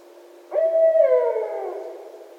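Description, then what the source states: Barred owl uttering one drawn-out hoot, steady at first, then sliding lower with a fading ending. Recorded 1 December 2011.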